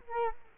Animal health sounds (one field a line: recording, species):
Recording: mosquito wingbeat signal from an infrared sensor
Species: Culex quinquefasciatus